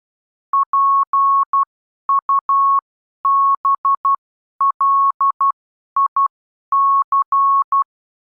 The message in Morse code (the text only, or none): PUBLIC